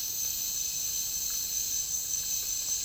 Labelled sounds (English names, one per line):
none